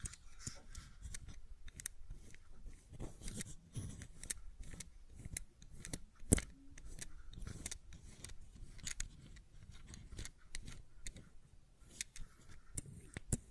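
Quick tapping and clicking on a fidget cube, a busy run of sharp little clicks that comes in irregular bursts through the whole clip. A louder snap lands near the six-second mark, and soft rustling and handling noise sits between the clicks.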